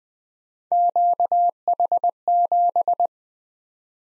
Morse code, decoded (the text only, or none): QH7